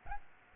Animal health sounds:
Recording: mosquito wingbeat signal from an infrared sensor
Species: Aedes albopictus

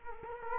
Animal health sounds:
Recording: mosquito wingbeat signal from an infrared sensor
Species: Culex quinquefasciatus

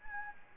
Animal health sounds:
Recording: mosquito wingbeat signal from an infrared sensor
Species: Anopheles gambiae

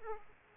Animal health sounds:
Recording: mosquito wingbeat signal from an infrared sensor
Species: Aedes aegypti

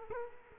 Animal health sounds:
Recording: mosquito wingbeat signal from an infrared sensor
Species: Culex quinquefasciatus

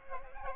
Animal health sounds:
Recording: mosquito wingbeat signal from an infrared sensor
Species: Aedes aegypti

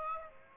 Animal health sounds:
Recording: mosquito wingbeat signal from an infrared sensor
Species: Aedes aegypti

